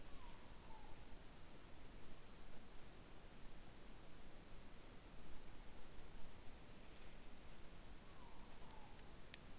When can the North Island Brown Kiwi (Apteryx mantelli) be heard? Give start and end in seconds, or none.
none